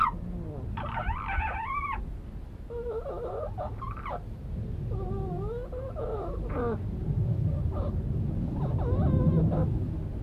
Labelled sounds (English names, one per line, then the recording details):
Corsac Fox
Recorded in captivity
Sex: female
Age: adult
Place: Zoo Halle, Sachsen-Anhalt, DE
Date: 1977-09-06 14:23
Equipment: Nagra SN, Kopie Uher Variocord
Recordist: Tembrock, Günter